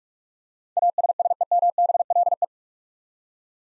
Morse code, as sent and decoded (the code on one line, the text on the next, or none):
.- ... ... . -- -... .-.. .
ASSEMBLE